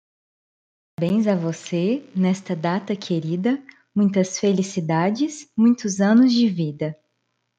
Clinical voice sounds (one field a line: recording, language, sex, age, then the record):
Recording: short text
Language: Brazilian Portuguese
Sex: female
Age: 20 to 29 years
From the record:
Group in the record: control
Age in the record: 27 years